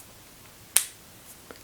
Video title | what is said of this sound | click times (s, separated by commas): Best pro tripod under £100 - K&F Concept TM2515T1 Tripod Review | you can hear the nice sort of satisfying click when it clicks into place | 0.8 s